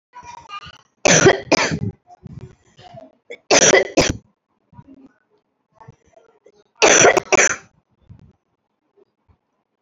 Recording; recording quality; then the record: shallow voluntary cough; excellent, no background noise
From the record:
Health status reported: recovered from COVID-19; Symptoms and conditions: cough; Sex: female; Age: 27 years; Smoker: not ticked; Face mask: not worn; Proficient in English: yes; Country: India